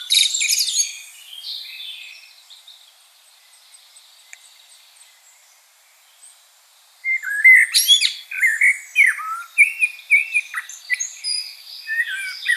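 Common blackbird song: a high scratchy twitter opens, then after a pause come mellow, fluty warbled phrases followed by squeaky high twittering.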